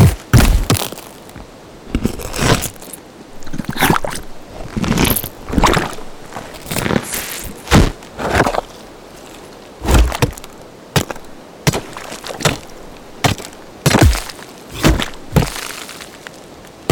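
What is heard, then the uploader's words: Digging with shovels and picks: sharp, bright impacts of metal on stone and wood come every second or so, some doubled in quick pairs. Each strike rings briefly, then gives way to a quiet, hollow underground hush before the next blow. Digging with shovels and picks in underground mines, blowing up stone walls.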